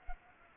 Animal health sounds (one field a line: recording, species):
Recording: mosquito wingbeat signal from an infrared sensor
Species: Culex pipiens